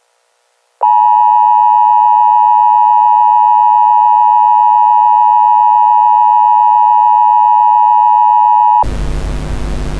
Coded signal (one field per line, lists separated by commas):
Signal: Emergency Alert System (SAME) tones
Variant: 853 and 960 Hz attention tone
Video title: EAS - 🎤🐔